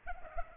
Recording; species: mosquito wingbeat signal from an infrared sensor; Culex pipiens